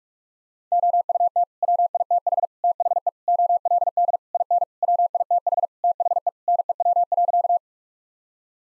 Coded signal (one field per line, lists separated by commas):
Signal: Morse code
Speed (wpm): 46 wpm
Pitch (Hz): 700 Hz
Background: none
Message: OUT WITH THE OLD IN WITH THE NEW.